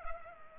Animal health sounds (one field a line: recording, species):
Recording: mosquito wingbeat signal from an infrared sensor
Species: Culex pipiens